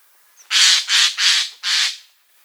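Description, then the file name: Eurasian jay screeching four loud, hoarse, grating calls in a steady run, each about a third of a second long. "Garrulus glandarius"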